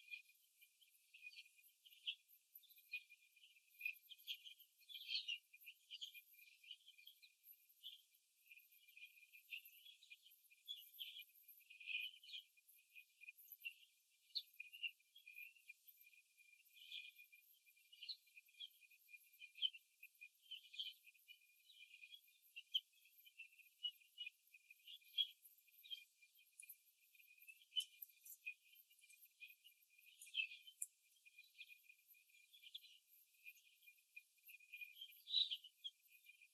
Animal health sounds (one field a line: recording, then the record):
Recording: young laying hens in a cage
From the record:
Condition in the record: before the stressor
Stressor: simulated dog barking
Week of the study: 2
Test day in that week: 3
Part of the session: 2